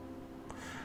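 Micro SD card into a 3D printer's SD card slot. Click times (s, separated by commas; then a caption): 0.5 s. A micro SD card is pushed, logo facing out, into the spring-loaded SD card slot of a Creality Ender 3 V2 3D printer. A short, sharp click at 0.5 s stands out over a steady low background hum. The card locks in place under slight spring pressure and is seated.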